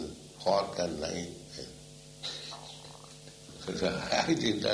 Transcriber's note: laughs